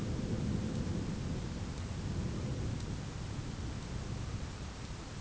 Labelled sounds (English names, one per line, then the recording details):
none
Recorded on Arctic tundra, site ZACK-1, on 11 June 2019
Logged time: 01:49